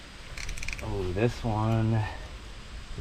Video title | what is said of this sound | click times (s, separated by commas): I Slept In A HAUNTED FOREST Until This ABANDONED EXCAVATOR LIVES AGAIN! (Will It Run??) | Oh, this one is kind of stripped out. | 0.6 s, 0.7 s